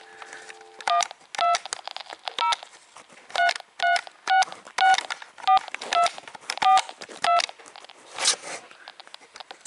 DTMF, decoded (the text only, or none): 12033664242